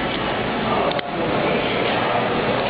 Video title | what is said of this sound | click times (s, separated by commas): HTC Wing Dissasembly T-Mobile LCD Replacement Tutorial(www.MyTutorialBook.com)0022.flv | there you'll hear it latch in | 1.0 s